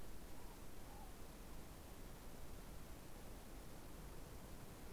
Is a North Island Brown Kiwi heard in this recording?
no